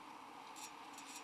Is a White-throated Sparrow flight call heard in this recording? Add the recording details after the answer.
no. No flight call is heard. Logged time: 03:29 on 13 December 2014